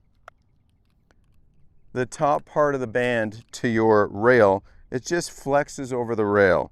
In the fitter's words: You put it close to the rail and there's this kind of a satisfying click where it clips over the rail